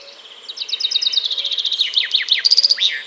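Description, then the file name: Common chaffinch song starting after a brief pause: trilled notes descending in steps before a sharp, fast terminal flourish. "Fringilla coelebs"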